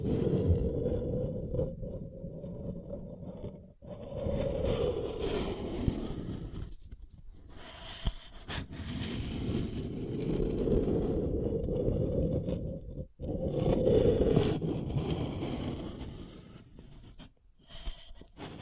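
A paper cup is rubbed and crinkled in long, steady stretches of dense, low scratchy rustling with a faint crackle on top. Brief pauses break the sound at about 4, 7, 13 and 17 seconds before the scraping resumes.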